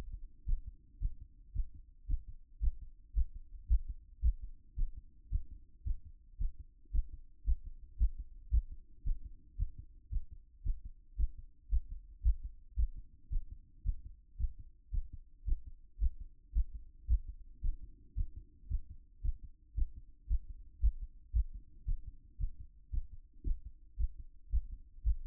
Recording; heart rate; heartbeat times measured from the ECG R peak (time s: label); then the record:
heart sounds by stethoscope; 112 bpm
0.44 s: heartbeat
0.98 s: heartbeat
1.52 s: heartbeat
2.06 s: heartbeat
2.59 s: heartbeat
3.13 s: heartbeat
3.66 s: heartbeat
4.20 s: heartbeat
4.74 s: heartbeat
5.29 s: heartbeat
5.83 s: heartbeat
6.37 s: heartbeat
6.90 s: heartbeat
7.43 s: heartbeat
7.96 s: heartbeat
8.49 s: heartbeat
9.03 s: heartbeat
9.55 s: heartbeat
10.09 s: heartbeat
10.62 s: heartbeat
11.15 s: heartbeat
11.68 s: heartbeat
12.21 s: heartbeat
12.75 s: heartbeat
13.28 s: heartbeat
13.82 s: heartbeat
14.36 s: heartbeat
14.90 s: heartbeat
15.44 s: heartbeat
15.98 s: heartbeat
16.51 s: heartbeat
17.06 s: heartbeat
17.60 s: heartbeat
18.14 s: heartbeat
18.67 s: heartbeat
19.21 s: heartbeat
19.74 s: heartbeat
20.26 s: heartbeat
20.79 s: heartbeat
21.31 s: heartbeat
21.84 s: heartbeat
22.37 s: heartbeat
22.90 s: heartbeat
23.43 s: heartbeat
23.96 s: heartbeat
24.49 s: heartbeat
25.02 s: heartbeat
From the record:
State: after exercise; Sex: male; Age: 37 years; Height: 180 cm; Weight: 87 kg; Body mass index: 26.85